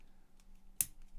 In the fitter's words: again snap into place like so